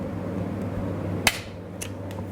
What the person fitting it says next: I hear it snap on I'm in good shape